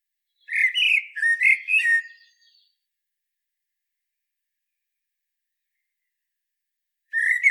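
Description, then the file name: Common blackbird delivering a warbled phrase of several fluting notes, followed by silence and the start of another phrase near the end. "Turdus merula"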